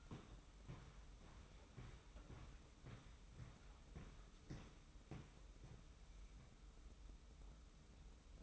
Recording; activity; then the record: daily activity, microphone in the room; walk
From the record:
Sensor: 1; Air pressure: 990.7 hPa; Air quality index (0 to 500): 145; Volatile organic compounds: 948 ppm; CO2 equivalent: 5242 ppm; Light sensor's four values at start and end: 28/65/28/30 and 29/68/29/31